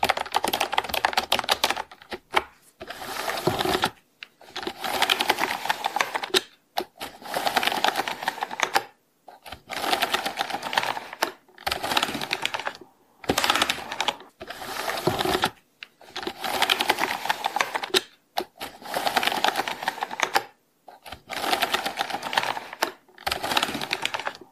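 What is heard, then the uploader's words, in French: Mechanical keyboard typing, dense bright clatter coming in roughly two-second bursts separated by brief silences throughout. Mon téléphone, mon ordinateur et mon clavier mécanique !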